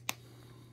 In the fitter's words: But anyway, and this cap snaps right in, so it, and